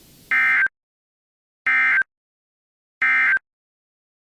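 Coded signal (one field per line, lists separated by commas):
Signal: Emergency Alert System (SAME) tones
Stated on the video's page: Fictional volcanic disaster EAS scenario, not a real alert.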